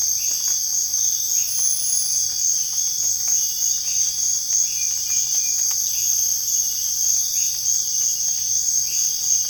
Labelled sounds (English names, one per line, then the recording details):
none
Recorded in dense forest near Puerto Asís, Putumayo, Colombia, on 26 December 2024 at 05:00
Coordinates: 0.484, -76.325
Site G056